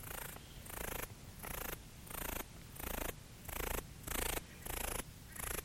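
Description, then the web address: Armoured ground cricket stridulation: harsh, broad rasping bursts about half a second long, repeated roughly one and a half times per second in a steady pulse. "entomology otteo sounds ANSP-ENT. hetrodinae"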